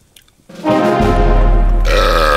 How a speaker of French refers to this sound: Je crois que je vais gerber.